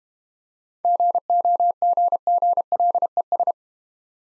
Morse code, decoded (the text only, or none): GOGGLES